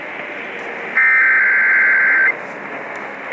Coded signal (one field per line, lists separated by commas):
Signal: Emergency Alert System (SAME) tones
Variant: header bursts